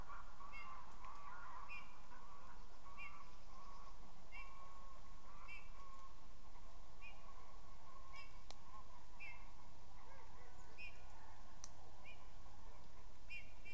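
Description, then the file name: Eurasian bullfinch giving faint, short piping notes roughly every second against constant low-pitched background noise. "Pyrrhula pyrrhula"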